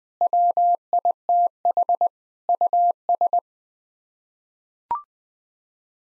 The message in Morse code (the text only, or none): WITH US